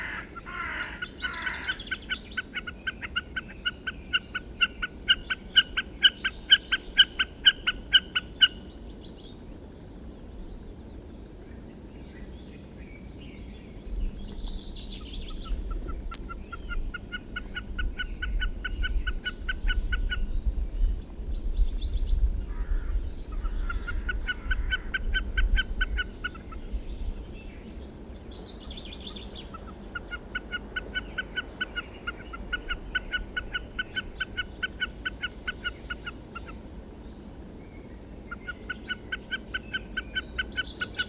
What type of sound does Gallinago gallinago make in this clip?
song